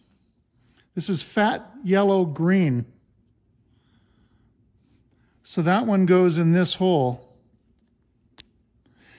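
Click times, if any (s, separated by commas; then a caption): 8.4 s. Someone talks while a colour-coded turn signal switch wire terminal from a 1964–66 Thunderbird steering column is pushed into its hole in the plastic connector housing. A single sharp click at 8.4 s marks the terminal locking in place. It is seated and won't pull back out.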